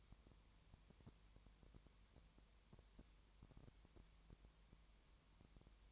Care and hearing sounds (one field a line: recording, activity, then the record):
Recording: daily activity, microphone in the room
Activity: no activity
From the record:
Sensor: 3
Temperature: 20.5 degrees Celsius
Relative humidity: 32.8%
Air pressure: 1003.2 hPa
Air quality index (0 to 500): 105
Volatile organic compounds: 2 ppm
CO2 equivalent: 1069 ppm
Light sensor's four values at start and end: 2/3/2/2 and 2/3/2/2